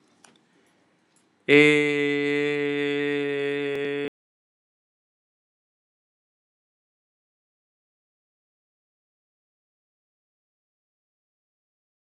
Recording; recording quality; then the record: sustained vowel as in made; excellent, no background noise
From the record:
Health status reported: healthy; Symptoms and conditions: none ticked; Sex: male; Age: 24 years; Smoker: yes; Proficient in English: yes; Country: India